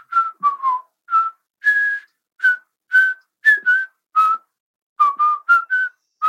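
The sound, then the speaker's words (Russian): A person whistles a bright, bouncy, cheerful tune while walking briskly through mountain scenery. The short, clear notes hop up and down in pitch, with brief pauses between phrases and no voices. “Насвистывая веселую песенку, Тодд бодро держал свой путь, не без удовольствия наблюдая вокруг прекрасные горные пейзажи.”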